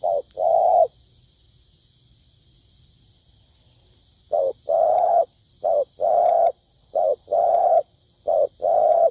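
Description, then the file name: Spotted dove: one coo pair, then about three and a half seconds of quiet, then four more regular short-long coo pairs. Cooing (Vietnamese: gáy). "tieng cu dat gay"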